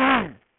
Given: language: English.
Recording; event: throat vibration sensor signal played as sound; throat clearing